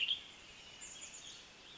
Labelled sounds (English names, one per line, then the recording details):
Western Tanager
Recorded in Sonoma County, California